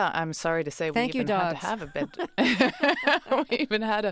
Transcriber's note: laughter